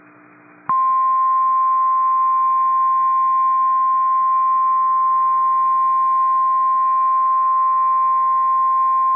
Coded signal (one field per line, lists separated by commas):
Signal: Emergency Alert System (SAME) tones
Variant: 1050 Hz attention tone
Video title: Severe Thunderstorm Warning - 11/04/22 (EAS #2,674)